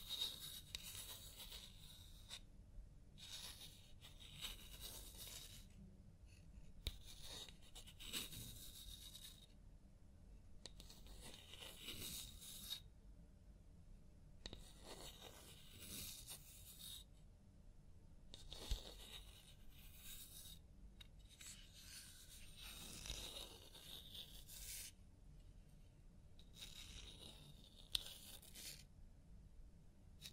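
A scalp massage and hair wash made of soft rubbing and scraping sounds, in bursts of a second or two with short pauses between them. The strokes come unevenly and stay mostly bright and hissy, over a constant low rumble.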